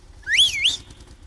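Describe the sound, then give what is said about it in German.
A person gives a single high calling whistle to summon a female Bulldog tractor driver, sweeping upward, dipping briefly, then rising again before cutting off, about half a second long and fairly loud over a low background hum. “Na, jetzt muss ich da einmal auch der Schneidinger Bulldog-Fahrerin da drin pfeifen.”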